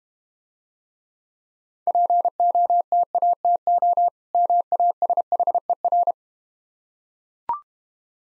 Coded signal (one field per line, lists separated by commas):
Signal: Morse code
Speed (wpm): 25 wpm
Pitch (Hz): 700 Hz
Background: none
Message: POTATO MASHER